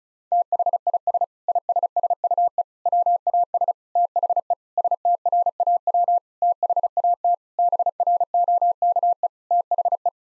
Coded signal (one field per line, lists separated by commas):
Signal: Morse code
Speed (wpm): 34 wpm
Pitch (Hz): 700 Hz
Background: none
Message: THIS ISSUE WAS THE STRAW THAT BROKE THE